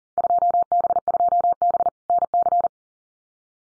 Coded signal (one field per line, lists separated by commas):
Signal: Morse code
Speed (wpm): 40 wpm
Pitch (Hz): 700 Hz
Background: none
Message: 2B2B NC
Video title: Field Day Exchange 40wpm